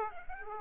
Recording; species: mosquito wingbeat signal from an infrared sensor; Aedes aegypti